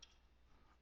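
A removable plastic tray or bracket is handled and pushed into its slot in a PC case bay, making a faint tick near the start over a steady low hum. The clip ends before the part goes home; nothing has seated or clicked yet.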